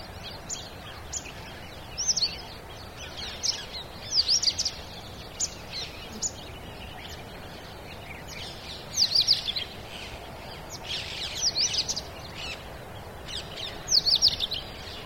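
Indian robin calls: short, high, thin chirping phrases, given in clusters every few seconds over steady background noise.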